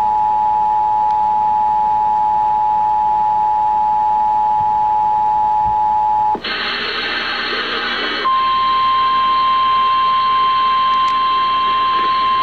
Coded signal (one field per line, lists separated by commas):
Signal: Emergency Alert System (SAME) tones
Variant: 853 and 960 Hz attention tone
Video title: EAS: Flash Flood Warning (wtf?) for MY COUNTY, Cheshire County, NH - July 9, 2023 (WSNI-FM)